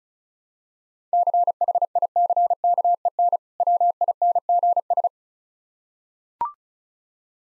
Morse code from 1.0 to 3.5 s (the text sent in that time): CHICKEN